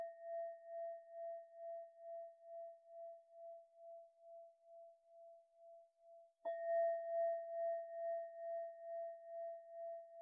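A Tibetan singing bowl hums with a steady pulsing tone that slowly fades, then is struck again near six seconds, ringing louder.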